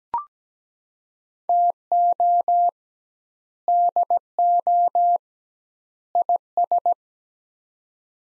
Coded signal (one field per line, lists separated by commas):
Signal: Morse code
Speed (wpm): 17 wpm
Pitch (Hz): 700 Hz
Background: none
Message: TO DO IS